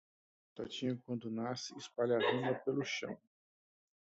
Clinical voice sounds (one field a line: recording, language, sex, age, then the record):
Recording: short text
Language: Brazilian Portuguese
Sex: male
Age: 50 to 59 years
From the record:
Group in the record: control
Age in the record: 52 years